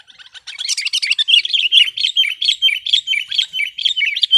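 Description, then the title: Sooty-headed bulbul in fast, unbroken warbling song made of sharp, bright notes repeated in quick succession. "kutilang"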